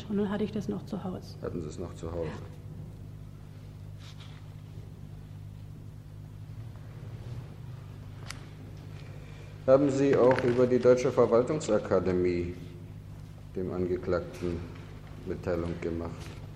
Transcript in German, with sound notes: Und nun hatt' ich das noch Zuhaus.
Hatten Sie's noch Zuhause. [Sprechpause] Haben Sie auch über die deutsche Verwaltungsakademie dem Angeklagten Mitteilung gemacht?